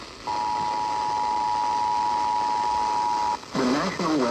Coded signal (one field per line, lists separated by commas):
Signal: Emergency Alert System (SAME) tones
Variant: 853 and 960 Hz attention tone